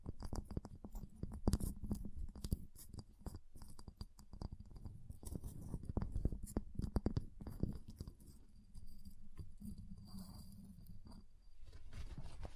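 Ice is tapped, scratched and carved in dense, irregular strokes with sharp clicks throughout, quieting briefly near eight and eleven seconds.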